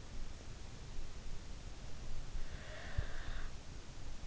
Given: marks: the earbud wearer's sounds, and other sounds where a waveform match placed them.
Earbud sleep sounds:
sounds in sleep by an in-ear microphone; snoring breath
2.47-3.47 s: snoring breath

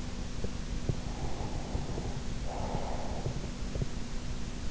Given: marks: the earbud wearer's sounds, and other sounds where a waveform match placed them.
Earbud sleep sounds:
sounds in sleep by an in-ear microphone; breath
1.48-3.19 s: breath

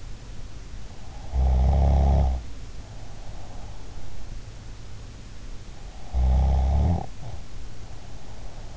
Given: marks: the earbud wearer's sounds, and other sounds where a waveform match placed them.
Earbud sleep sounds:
sounds in sleep by an in-ear microphone; snoring breath
1.29-3.78 s: snoring breath
6.05-8.76 s: snoring breath

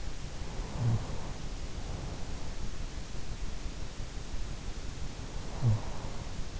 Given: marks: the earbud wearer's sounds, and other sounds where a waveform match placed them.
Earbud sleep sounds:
sounds in sleep by an in-ear microphone; snoring breath
0.38-1.70 s: snoring breath
4.90-6.50 s: snoring breath

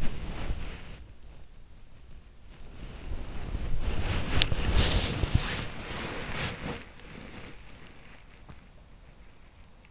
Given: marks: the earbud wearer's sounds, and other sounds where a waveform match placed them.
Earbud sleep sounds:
sounds in sleep by an in-ear microphone; body movement
0.00-1.08 s: body movement
2.94-8.23 s: body movement

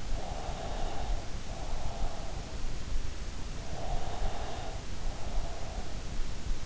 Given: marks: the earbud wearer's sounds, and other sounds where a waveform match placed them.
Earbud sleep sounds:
sounds in sleep by an in-ear microphone; breath
0.02-2.19 s: breath
3.46-6.09 s: breath

